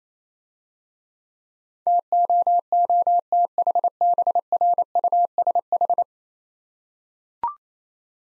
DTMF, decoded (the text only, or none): none